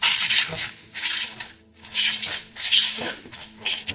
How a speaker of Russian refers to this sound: Пила вонзалась все глубже в черепную коробку, на стыке лобной и теменной кости чуть выше виска.